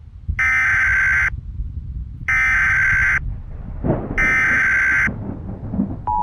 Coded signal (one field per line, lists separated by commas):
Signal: Emergency Alert System (SAME) tones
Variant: header bursts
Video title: EMBEDDED: [EAS Mock]